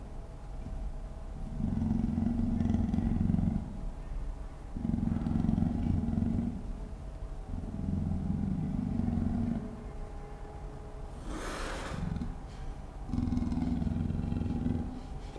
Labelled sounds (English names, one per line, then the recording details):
Leopard
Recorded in captivity
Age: adult
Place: Zoo Berlin, Berlin, DE
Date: 1959-08-21
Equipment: Reporter (Vollspur)
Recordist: TSA
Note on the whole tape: Im Raubtierhaus. Schwarzer Panther: Knurren und Fauchen gegen ein ruhig hingehaltenes Mikrofon. Abstand 0,6 m. Aufnahmezeit: 9.00-9.30 Uhr